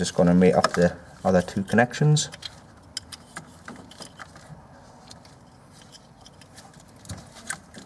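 Someone talks while a Turbotune diesel tuning module is fitted to a Transit 2.2 TDCi, with one of the two remaining plastic wiring connectors being handled to join the engine harness. After the talk, faint scrapes and small sharp ticks of handling follow around 3.0 to 3.7 s and again at 7.5 s. The clip ends before the connector goes home, so nothing has seated or clicked yet.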